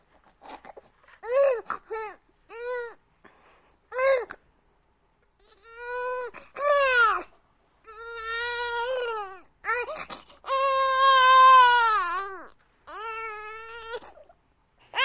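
An infant fusses with short whimpering bursts that build into longer, high-pitched wails. The cries are clear and tonal, each lasting one to two seconds, with brief pauses for breath between them. This is ordinary infant crying.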